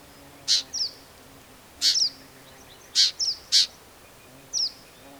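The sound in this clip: Black-capped vireo song: sharp, broad clicking notes alternating with short high slurred whistles, delivered in loose bursts about a second apart.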